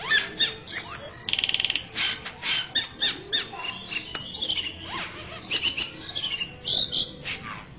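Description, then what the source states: Grey-cheeked bulbul song, a busy stream of varied high chirps, trills and squeaky notes with a rapid rattling burst early on, dense and continuous throughout. Camperling masteran song used for training songbirds, omkicau version 3.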